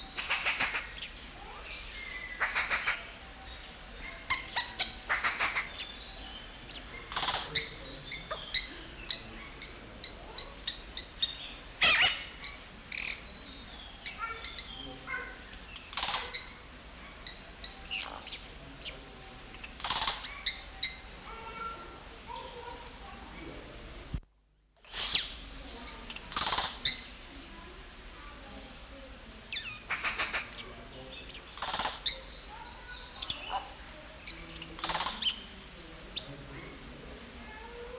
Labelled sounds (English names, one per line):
Yellow-rumped Cacique